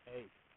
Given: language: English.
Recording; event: throat vibration sensor signal played as sound; speech